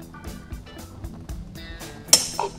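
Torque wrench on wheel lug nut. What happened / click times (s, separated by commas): The torque wrench clicked at its setting / 2.1 s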